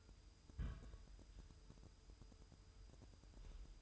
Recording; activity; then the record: daily activity, microphone in the room; place on stove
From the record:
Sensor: 2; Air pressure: 988.1 hPa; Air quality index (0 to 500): 191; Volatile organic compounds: 185 ppm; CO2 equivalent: 4161 ppm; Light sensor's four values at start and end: 21/71/28/26 and 21/71/28/26